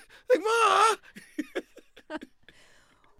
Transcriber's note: laughter